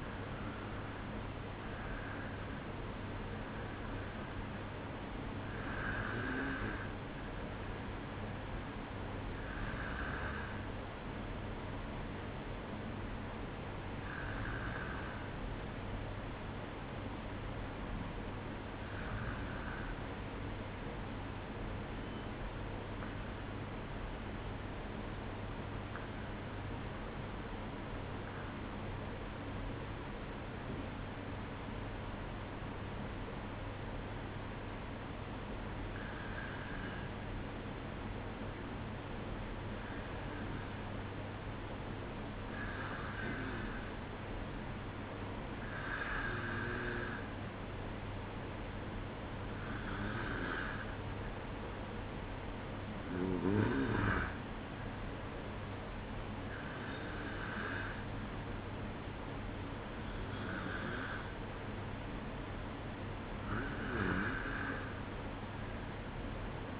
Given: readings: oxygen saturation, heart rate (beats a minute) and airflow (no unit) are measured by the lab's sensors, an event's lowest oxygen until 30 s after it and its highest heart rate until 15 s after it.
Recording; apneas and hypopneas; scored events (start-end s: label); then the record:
breathing in sleep by a voice recorder at the bedside; 1
21.00-36.30 s: obstructive apnea (N1, oxygen 96% highest, then 93% lowest, heart rate 53 at the start, 57 highest)
From the record:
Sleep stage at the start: N1 (lightest sleep); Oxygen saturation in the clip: 91 to 96%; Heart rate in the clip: 53 to 60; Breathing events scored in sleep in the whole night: 305 in 9.6 hours asleep